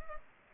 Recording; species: mosquito wingbeat signal from an infrared sensor; Culex pipiens